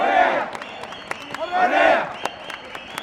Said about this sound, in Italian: Le parole di Mubarak sono accolte dall'indignazione dei manifestanti accampati a Tahrir. La folla in piazza si toglie le scarpe agitandole in aria come segno di disprezzo verso il presidente.